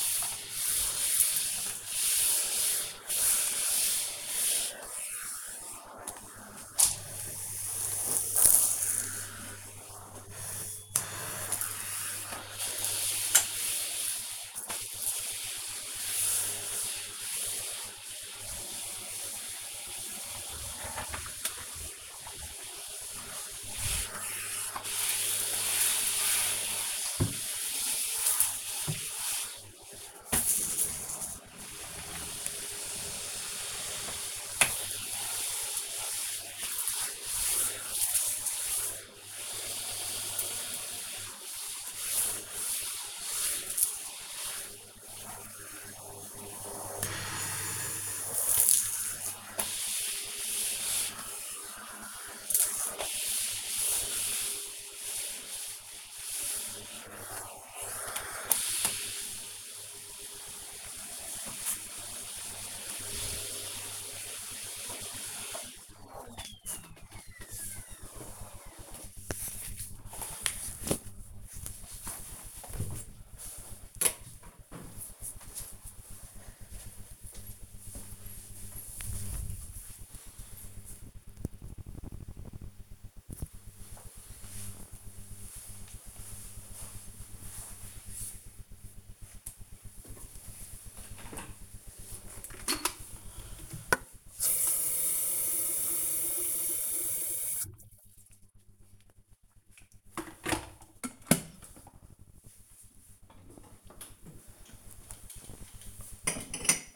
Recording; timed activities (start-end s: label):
household activities, microphone on the right wrist
0.00-65.70 s: vacuum cleaning
89.96-106.96 s: making tea